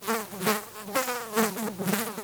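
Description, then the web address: Fly buzzing, a steady droning hum that wavers in pitch and loudness, swelling every half second or so as the insect moves. Fly buzz, recorded close up. "Soulframe Sounds. Insect Fly Buzz Close"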